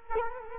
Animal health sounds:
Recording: mosquito wingbeat signal from an infrared sensor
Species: Culex quinquefasciatus

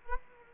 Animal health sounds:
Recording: mosquito wingbeat signal from an infrared sensor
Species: Culex quinquefasciatus

